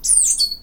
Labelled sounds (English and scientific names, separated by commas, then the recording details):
Stitchbird (Notiomystis cincta) song
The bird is a male
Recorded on Tiritiri Matangi Island, New Zealand, in 2005
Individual 17, of nest box 25